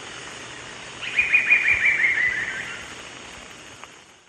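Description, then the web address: Amazonian Barred Woodcreeper calling a rapid series of sharp notes that gently fall in pitch over nearly two seconds, with a steady background hum behind. Recorded in the eastern lowlands of South America. "Natures Songs S America Eastern Lowlands. Amazonian Barred Woodcreeper"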